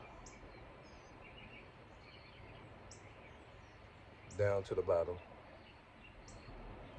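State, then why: Not seated. During assembly of a Survivals camping 26-inch mountain bike, a reflector post is slid from the top down toward the bottom of its bicycle mounting bracket before being pushed home, over steady outdoor background noise with faint high chirps. Someone talks briefly around 4.4–5.2 seconds. Nothing has seated or clicked yet.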